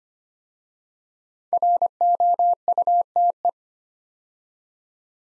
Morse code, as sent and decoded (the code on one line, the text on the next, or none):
.-. --- ..- - .
ROUTE